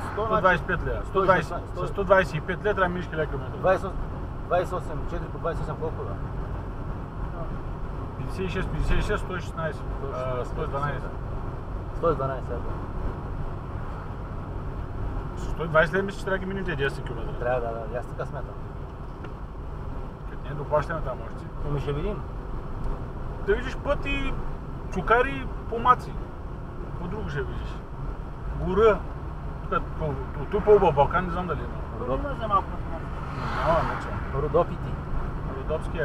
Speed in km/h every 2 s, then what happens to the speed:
57, 56, 56, 56, 57, 56, 57, 54, 55, 54, 52, 52, 52, 53, 53, 54, 54, 58.
0-24 steady at about 56. 24-36 speeds up to 58.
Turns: none.